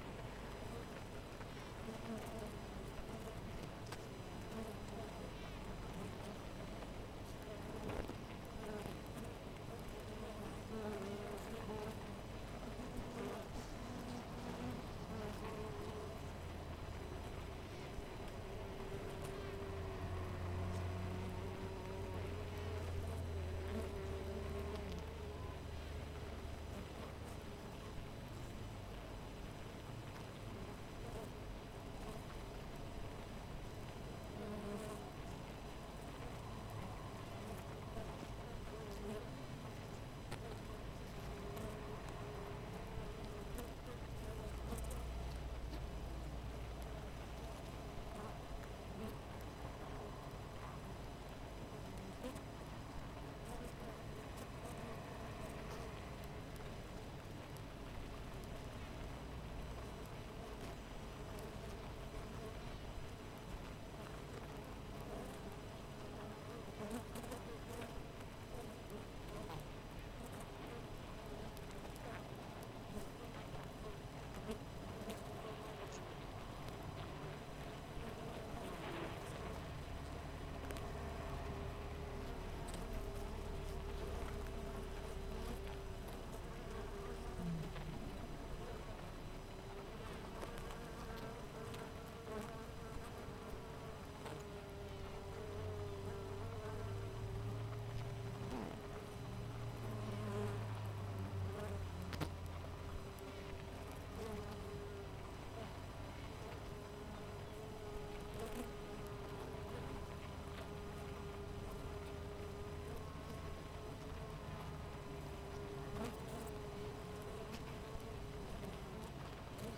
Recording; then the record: honeybee colony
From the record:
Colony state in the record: missing queen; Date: 14 July 2017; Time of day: 5:53